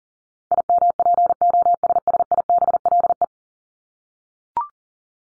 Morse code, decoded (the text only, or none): IMPOSSIBLE